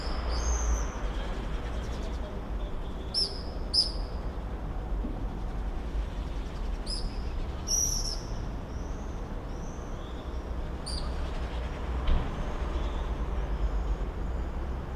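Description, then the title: Common swift screams, short shrill bursts scattered throughout, some overlapping, over a steady low-frequency rumble. Summer evening in a backyard in Bytom, Poland; many swifts circling; recorded with Zoom F4 and AT BP4025. "Zygmunta Starego 3, Bytom, Poland - Backyard swifts"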